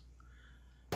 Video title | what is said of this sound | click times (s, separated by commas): Can an Electric Grater/Slicer Save You Time In the Kitchen? - KGC 4 - Presto Salad Shooter | we are going to import the ring you snap into place you can hear how it snaps | 0.9 s